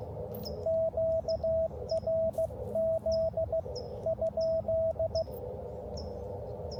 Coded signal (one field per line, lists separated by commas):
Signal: Morse code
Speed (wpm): 16 wpm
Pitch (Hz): 650 Hz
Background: radio noise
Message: QRZ ?